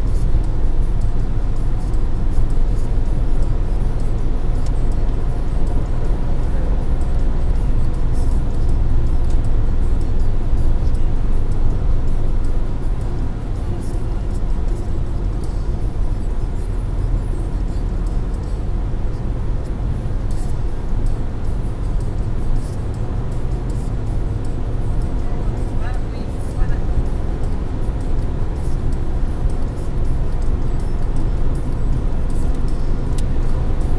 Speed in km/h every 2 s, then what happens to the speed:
141, 141, 143, 144, 144, 143, 141, 137, 135, 137, 138, 141, 143, 145, 146, 148, 150.
0-9 steady at about 143. 9-16 slows to 135. 16-34 speeds up to 150.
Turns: none.